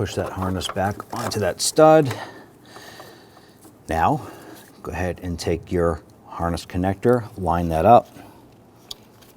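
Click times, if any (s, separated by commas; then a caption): 8.9 s. Someone talks while lining up the plastic connector of a replacement fuel injector harness on a 1999-2004 Jeep Grand Cherokee and pushing it onto its mating engine wiring connector. A sharp snap is heard at 8.9 s as it seats and locks on firmly, even without a red locking clip.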